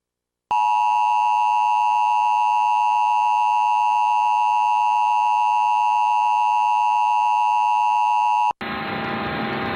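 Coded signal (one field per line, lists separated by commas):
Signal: Emergency Alert System (SAME) tones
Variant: 853 and 960 Hz attention tone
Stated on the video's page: Assorted recorded EAS broadcast tests, including required monthly tests from Texas, with uneven audio levels; some station test audio was excessively overmodulated.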